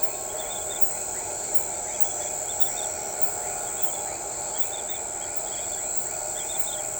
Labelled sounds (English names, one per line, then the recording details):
none
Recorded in shrubland near Pivijay, Magdalena, Colombia, on 15 April 2023 at 02:30
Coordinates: 10.453, -74.365
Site P5-G022